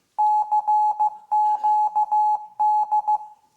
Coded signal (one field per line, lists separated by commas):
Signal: Morse code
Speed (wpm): 14 wpm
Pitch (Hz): 850 Hz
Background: none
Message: CQD